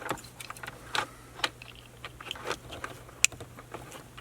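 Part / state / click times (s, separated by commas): gray adapter harness connector into factory radio connector / seated / 3.2 s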